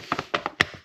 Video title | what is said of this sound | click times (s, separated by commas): Réparation écran, démontage Asus S410U | paf ça clipse on est bien quand ça clipse c'est bon | 0.6 s